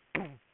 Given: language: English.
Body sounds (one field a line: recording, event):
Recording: throat vibration sensor signal played as sound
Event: throat clearing